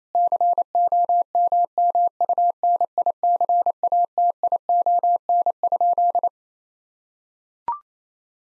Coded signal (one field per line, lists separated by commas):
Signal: Morse code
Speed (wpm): 28 wpm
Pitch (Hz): 700 Hz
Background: none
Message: COMMUNICATION?